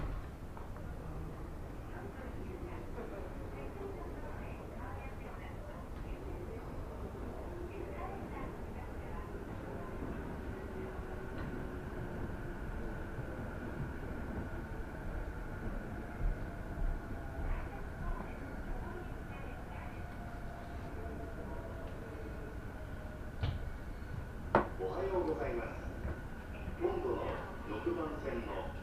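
A ride aboard a rapid train on the Uchibo Line between Chiba and Kisarazu. A steady low rumble runs throughout, with a thin whine that rises and shifts in pitch as the train moves. Near twenty-five seconds a sharp clank sounds, followed by uneven knocks and rattles.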